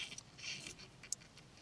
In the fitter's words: you should hear it click and give it a tug and then you shut this and you're done